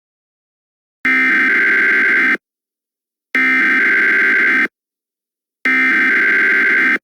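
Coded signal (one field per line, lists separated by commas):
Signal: Emergency Alert System (SAME) tones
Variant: header bursts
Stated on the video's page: Fictional EAS scenario, a simulated alert.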